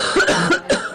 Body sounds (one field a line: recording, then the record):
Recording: coughing mixed with background sound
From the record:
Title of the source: female coughing - coughing sound effects girl